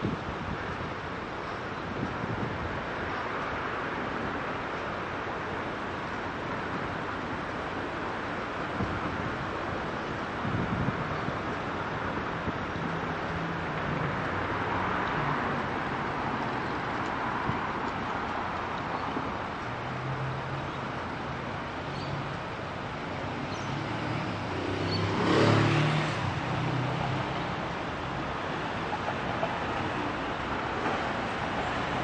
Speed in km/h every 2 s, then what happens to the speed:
0, 0, 0, 0, 0, 0, 0, 0, 0, 0, 0, 0, 0, 0, 0, 0.
0-32 standing.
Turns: none.